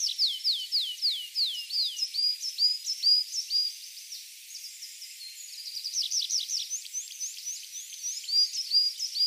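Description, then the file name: Tree pipit song: a run of high descending slurred notes, a brief quieter stretch, then a fast rattling trill followed by more repeated downslurred notes. Recorded on 23 April 2013. "23 04 2013 Baumpieper"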